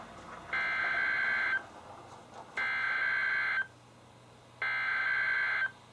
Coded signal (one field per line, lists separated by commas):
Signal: Emergency Alert System (SAME) tones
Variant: header bursts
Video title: EAS #76-#99: All Hazards Insanity | KHB36 & WNG736